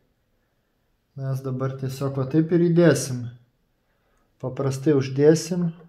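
A processor is being handled as it is placed into a motherboard CPU socket, while someone talks from about 1.1 to 3.4 seconds and again from about 4.4 to 5.9 seconds. No distinct clicks or ticks are heard, and nothing has seated or clicked into the socket yet.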